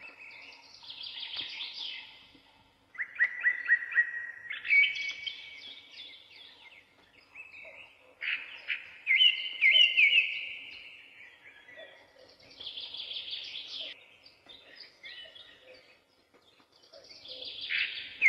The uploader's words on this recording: Soothing Forest Birds Singing. Bird Chirping Sounds.